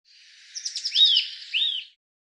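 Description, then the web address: Eurasian blue tit sounds: a faint high hiss, a few quick ticks, then two slurred whistled notes that rise and fall. "Deverinetal"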